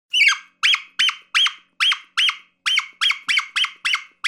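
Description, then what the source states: Fox pup distress calls, shrill squealing yelps, about a dozen spaced irregularly over four seconds, no other sounds. Fox pup giving distress calls.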